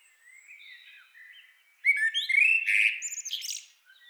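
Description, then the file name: Common blackbird singing, soft mellow warbles at first, then a louder fluted phrase that breaks into thin, scratchy high twittering at the end. "Turdus merula"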